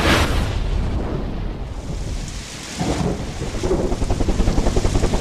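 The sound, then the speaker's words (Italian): Heavy wind and rain roar in a dense wash of noise while a helicopter's rotor chops through, its rapid thumping pulses growing steadier and louder toward the end, in a helicopter accident with a high-voltage power pole in Vallejo, California. “Pioggia, vento e un palo dell'alta tensione.”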